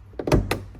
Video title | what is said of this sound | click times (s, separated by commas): Headliner & Roof Airbag Replacement Honda Civic (16-2021) | Then we have the plastic cover. This just snaps back in. | 0.5 s